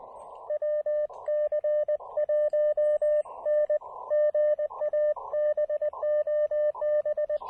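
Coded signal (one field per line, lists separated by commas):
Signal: Morse code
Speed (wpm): 20 wpm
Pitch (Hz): 600 Hz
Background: radio noise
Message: W C 1 N GA BOB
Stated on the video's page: Super low power POTA CW activation under rough propagation, keyed with a new Begali Adventure paddle.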